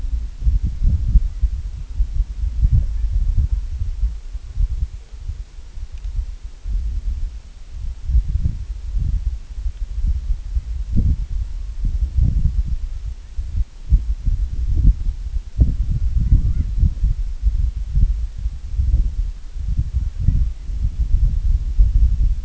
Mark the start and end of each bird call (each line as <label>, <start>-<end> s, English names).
Long-tailed Duck, 2.44-3.11 s
Long-tailed Duck, 4.80-5.22 s
Long-tailed Duck, 11.06-11.81 s
Long-tailed Duck, 12.84-13.36 s
Long-tailed Duck, 15.92-16.67 s
Long-tailed Duck, 19.78-20.53 s